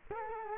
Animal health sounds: mosquito wingbeat signal from an infrared sensor; Culex quinquefasciatus

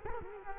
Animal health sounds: mosquito wingbeat signal from an infrared sensor; Culex quinquefasciatus

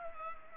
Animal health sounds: mosquito wingbeat signal from an infrared sensor; Culex pipiens

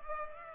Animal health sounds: mosquito wingbeat signal from an infrared sensor; Culex pipiens

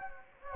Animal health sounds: mosquito wingbeat signal from an infrared sensor; Anopheles gambiae

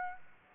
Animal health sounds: mosquito wingbeat signal from an infrared sensor; Aedes aegypti

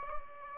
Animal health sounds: mosquito wingbeat signal from an infrared sensor; Aedes albopictus

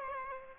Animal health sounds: mosquito wingbeat signal from an infrared sensor; Aedes aegypti

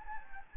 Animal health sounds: mosquito wingbeat signal from an infrared sensor; Anopheles gambiae

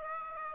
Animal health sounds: mosquito wingbeat signal from an infrared sensor; Aedes aegypti

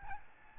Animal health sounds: mosquito wingbeat signal from an infrared sensor; Aedes albopictus

